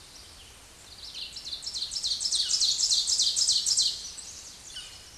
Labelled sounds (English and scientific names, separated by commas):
Ovenbird (Seiurus aurocapilla) song